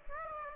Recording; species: mosquito wingbeat signal from an infrared sensor; Aedes aegypti